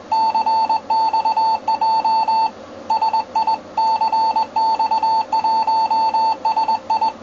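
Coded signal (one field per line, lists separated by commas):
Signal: Morse code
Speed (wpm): 20 wpm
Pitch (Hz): 890 Hz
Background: none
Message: CXJ SI CX1SI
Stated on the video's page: Amateur Morse on 7 MHz at 1 UTC with good conditions to Europe, heard in Uruguay.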